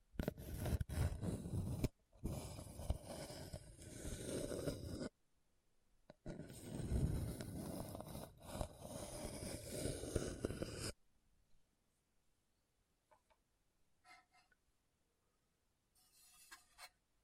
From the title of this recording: Hard and Bumpy Surface Scratching